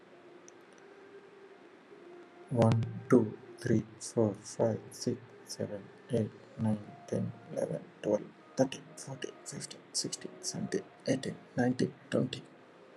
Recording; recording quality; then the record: counting at a normal pace; excellent, no background noise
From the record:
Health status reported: healthy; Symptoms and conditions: none ticked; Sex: male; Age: 32 years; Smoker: not ticked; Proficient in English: yes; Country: India